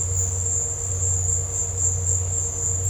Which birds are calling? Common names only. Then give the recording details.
none. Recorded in dense forest near Puerto Asís, Putumayo, Colombia, on 19 March 2025 at 16:30. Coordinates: 0.468, -76.322. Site GP01